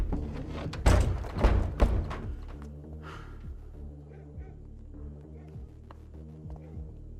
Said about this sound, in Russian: Выломав дверь, к Нине зашли сыщики.